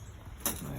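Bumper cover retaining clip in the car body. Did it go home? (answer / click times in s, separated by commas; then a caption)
released / 0.5 s. A mechanic removing the bumper cover on a 2015 Chrysler 200s separates the cover and pulls a bumper cover retaining clip out of its mount in the car body. One sharp pop is heard at 0.5 s, and the clip is released.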